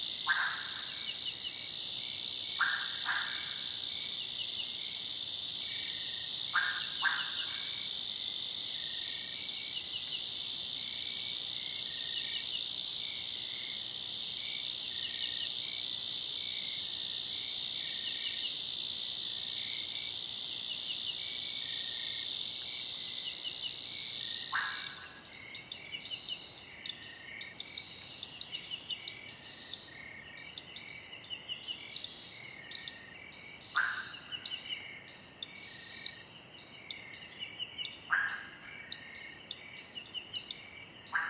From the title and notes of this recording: Frogs croaking in the cloud forest. Night falls in the cloud forest. Recorded in Bale Mountains NP, Ethiopia.